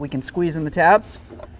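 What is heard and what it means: While reinstalling the glove box of a 2007–2011 Honda CR-V, the plastic stop tabs on its sides are squeezed in to fit the dashboard opening as someone talks. A faint, brief tap is heard near 1.4 s, but nothing has seated or clicked into place yet.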